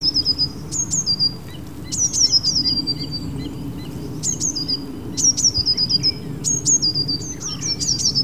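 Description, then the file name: Eurasian blue tit calls: thin, high notes in short descending clusters, repeated several times throughout over a low rumbling background. "Cyanistes caeruleus"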